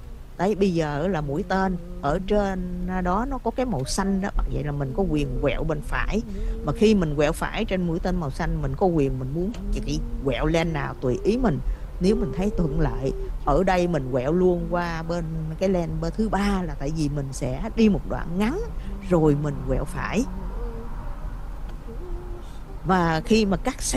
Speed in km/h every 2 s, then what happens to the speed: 18, 19, 19, 24, 29, 39, 42, 40, 42, 44, 45, 42.
4-19 speeds up to 45.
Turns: 3-7.